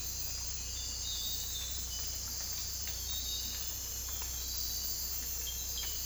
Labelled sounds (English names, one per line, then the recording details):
none
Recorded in dense forest near Puerto Asís, Putumayo, Colombia, on 22 December 2024 at 03:30
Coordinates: 0.486, -76.317
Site G003